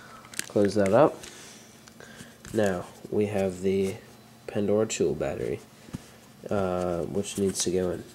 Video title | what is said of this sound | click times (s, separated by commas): Service Instructions 2 [2nd Edition] | and just wait till it clicks | 0.4 s